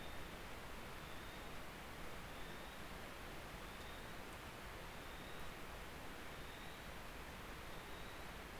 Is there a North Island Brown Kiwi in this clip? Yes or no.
yes